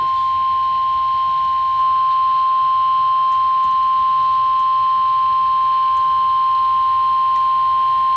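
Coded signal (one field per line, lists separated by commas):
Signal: Emergency Alert System (SAME) tones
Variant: 1050 Hz attention tone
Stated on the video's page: Special Marine Warning EAS alert received on NOAA Weather Radio station KEC83.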